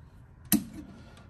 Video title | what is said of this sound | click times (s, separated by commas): Unifi Dream Machine SE (UDM-SE) Overview | pop it in then pop it in it locks in place okay | 0.5 s